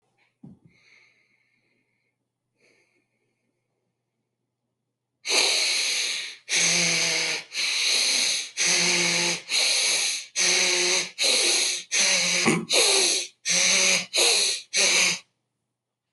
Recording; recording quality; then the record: shallow breathing; excellent, no background noise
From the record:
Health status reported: healthy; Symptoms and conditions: none ticked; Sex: male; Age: 39 years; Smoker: not ticked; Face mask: not worn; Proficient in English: yes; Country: India